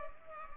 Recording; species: mosquito wingbeat signal from an infrared sensor; Culex pipiens